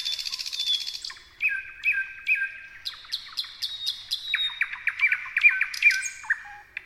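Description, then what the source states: Thrush nightingale song: a rapid, varied run of buzzy rattles, clicking notes and short flat whistles, shifting from one phrase type to the next. More than one thrush nightingale singing.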